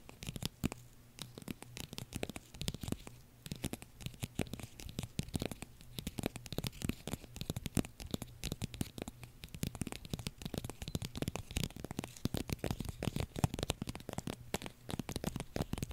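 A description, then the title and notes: ASMR tapping: dense, irregular crisp taps and rustly crinkles fill the whole stretch, with a faint low hum running steadily underneath. ASMR Tapping For Sleep (No Talking).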